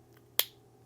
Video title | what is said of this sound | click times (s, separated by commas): How to Disassemble, Clean, and Reassemble Glock 43 / 43X / 48 - Complete Field Strip Guide | and that clicked into place. | 0.4 s